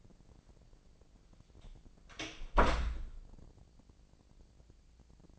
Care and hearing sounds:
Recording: daily activity, microphone in the room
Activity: close door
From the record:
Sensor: 5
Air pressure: 1012.4 hPa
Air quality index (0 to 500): 162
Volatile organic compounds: 2 ppm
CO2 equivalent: 1098 ppm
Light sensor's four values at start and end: 163/396/165/180 and 162/393/164/179

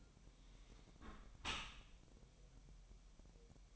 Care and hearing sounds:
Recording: daily activity, microphone in the room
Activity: close dishwasher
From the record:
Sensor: 1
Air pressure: 1000.5 hPa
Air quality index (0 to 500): 247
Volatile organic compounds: 140 ppm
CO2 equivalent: 3975 ppm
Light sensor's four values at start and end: 11/27/11/12 and 11/27/11/12

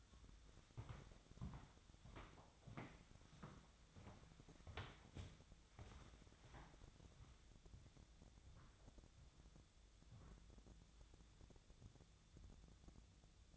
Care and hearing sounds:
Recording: daily activity, microphone in the room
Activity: walk to room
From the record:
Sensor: 3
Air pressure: 1000.0 hPa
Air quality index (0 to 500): 124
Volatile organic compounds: 2 ppm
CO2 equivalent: 1111 ppm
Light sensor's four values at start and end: 43/105/46/51 and 43/106/47/51

